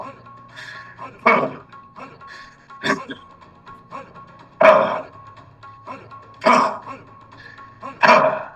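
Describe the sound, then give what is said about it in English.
A person growls as part of a guided vocal exercise, in short, rough, throaty bursts, about six of them spaced a second or two apart, each rising sharply then fading, over a faint steady low hum. “Maybe it's a growl.”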